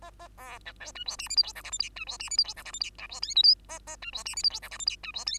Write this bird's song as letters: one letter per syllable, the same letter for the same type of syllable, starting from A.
A A B C D E F G H I J K L M N E F G H I J K L M N E F O P Q A A E F G H I J K L M N E F O